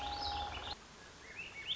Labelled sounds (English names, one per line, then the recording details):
Swainson's Thrush
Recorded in Sonoma County, California